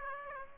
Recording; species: mosquito wingbeat signal from an infrared sensor; Aedes aegypti